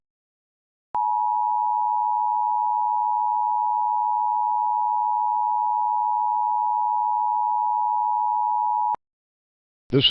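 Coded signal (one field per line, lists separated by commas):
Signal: Emergency Alert System (SAME) tones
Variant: 853 and 960 Hz attention tone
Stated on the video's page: Mock alert generated with a Texscan MSI SpectraGen Z-4000 and EMNet test; valid EAS tones.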